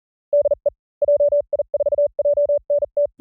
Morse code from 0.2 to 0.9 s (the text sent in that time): DE